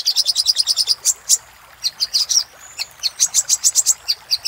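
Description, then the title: Little spiderhunter giving a quick run of high chips, a pause with a thin whistle, then further evenly spaced sharp notes. Master recording for training cage birds. "Masteran Burung Sogok Ontong Labaik"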